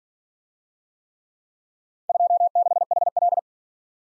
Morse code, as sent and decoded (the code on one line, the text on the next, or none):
..--- -.... .... .-..
26HL